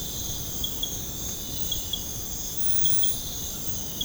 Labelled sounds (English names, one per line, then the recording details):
none
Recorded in secondary vegetation near Puerto Asís, Putumayo, Colombia, on 20 February 2024 at 04:00
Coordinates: 0.472, -76.331
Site G6371